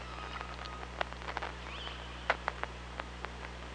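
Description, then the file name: Killer whale clicks in uneven bursts, with one brief rising whistle near the middle, over low steady hum and background hiss. Recorded by hydrophone at OrcaLab on 24 August 2017, around 06:20. "Orca Lab UTLN JASON 20170824 062029"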